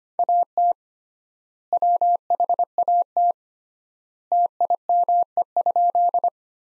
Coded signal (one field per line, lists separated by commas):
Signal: Morse code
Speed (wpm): 25 wpm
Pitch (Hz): 700 Hz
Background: none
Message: AT WHAT TIME?